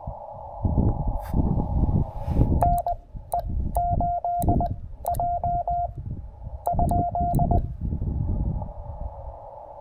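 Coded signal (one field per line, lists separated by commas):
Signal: Morse code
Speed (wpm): 20 wpm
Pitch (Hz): 700 Hz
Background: none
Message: NE8J ?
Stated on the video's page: Five-watt CW park activation with a Penntek TR-45L, making twenty contacts.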